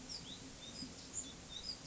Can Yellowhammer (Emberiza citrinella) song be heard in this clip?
no